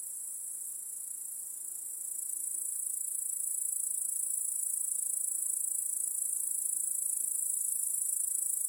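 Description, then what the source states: Cricket chorus, a thin high trill that swells gradually louder after the first couple of seconds and then holds steady. Chorus of crickets in a home backyard, heard in the evening as day turns to night.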